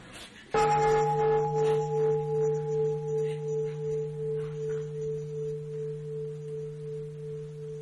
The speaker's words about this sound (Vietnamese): Bây giờ tới tiếng chuông.